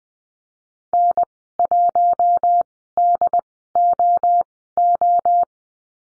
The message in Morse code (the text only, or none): N1DOO